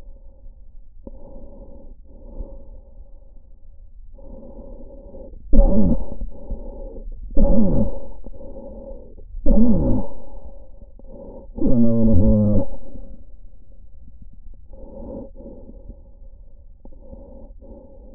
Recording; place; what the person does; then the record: lung sounds by stethoscope; trachea; quiet breathing, then cough and speech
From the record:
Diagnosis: COPD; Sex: male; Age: 69 years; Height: 162 cm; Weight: 124.8 kg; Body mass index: 47.6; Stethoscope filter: diaphragm mode